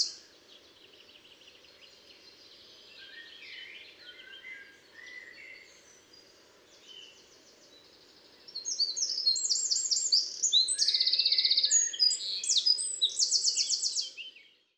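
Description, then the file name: Eurasian wren song: soft, scattered high notes at first, then a loud burst of rapid twittering and dry, machine-like trills lasting several seconds. "Troglodytes troglodytes 301298"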